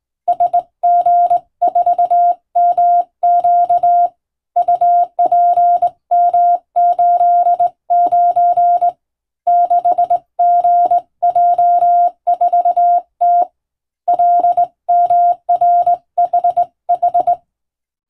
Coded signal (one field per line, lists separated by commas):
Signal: Morse code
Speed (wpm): 20 wpm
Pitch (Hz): 700 Hz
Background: none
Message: SG4MQ UPM89 6GJ4T LMRHH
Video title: 【無線通信士】縦振り電鍵で打つ珍しい欧文暗語のモールス無線電報、昔は船と陸との唯一の通信手段、大変重要な無線通信でした。アマチュア無線の受信トレーニングにどうぞ morse code practice